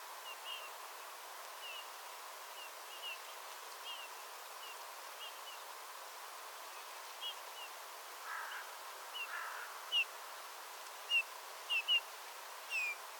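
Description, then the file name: Eurasian bullfinch calls: soft, faint notes early on, then clearer short down-slurred whistles near the end, several in quick succession, over steady background hiss. "Pyrrhula pyrrhula"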